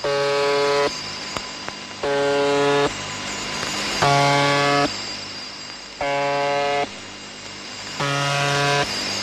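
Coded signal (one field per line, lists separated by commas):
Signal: channel marker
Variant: UVB-76 (The Buzzer)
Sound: harsh low buzz lasting under a second, repeating about every two seconds, five buzzes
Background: radio static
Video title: The Conet Project 432 - The Buzzer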